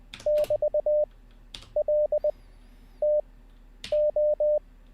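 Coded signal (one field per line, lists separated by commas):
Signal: Morse code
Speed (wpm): 20 wpm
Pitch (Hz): 600 Hz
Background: none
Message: <BT> L T O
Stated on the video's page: Live-streamed Morse code learning practice session.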